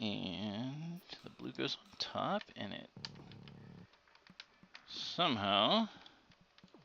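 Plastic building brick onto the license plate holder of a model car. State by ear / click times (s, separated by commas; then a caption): not seated / none. Someone talks while handling a blue plastic building brick at the back of a model DeLorean car's license plate holder, where it is meant to hook on and be pressed down. A steady tone fills about 3.0 to 3.9 s, and small plastic ticks come at about 4.1 to 4.8 s and 6.3 to 6.7 s. The clip ends before the brick goes home, so nothing has seated or clicked yet.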